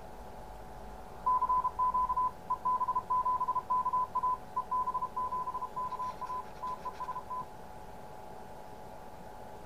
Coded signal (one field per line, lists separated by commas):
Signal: Morse code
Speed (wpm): 32 wpm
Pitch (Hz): 1010 Hz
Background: none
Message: CQ EB7KA EB7KA TEST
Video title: Morse Code Decoder Module. Enclosure Build and Test. Ham Radio. Amateur Radio.